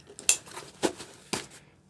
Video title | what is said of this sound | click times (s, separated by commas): Josh's Crye Precision JPC 1.0 Setup | then clicks right in. | 0.2 s, 0.3 s